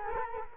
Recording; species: mosquito wingbeat signal from an infrared sensor; Culex quinquefasciatus